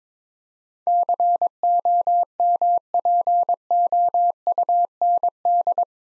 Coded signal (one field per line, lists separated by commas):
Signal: Morse code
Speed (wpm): 22 wpm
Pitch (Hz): 700 Hz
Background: none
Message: COMPOUND